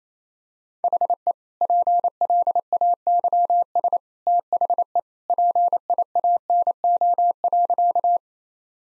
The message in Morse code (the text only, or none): HE PLAYS THE PIANO.